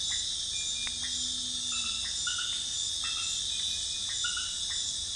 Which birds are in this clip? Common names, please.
none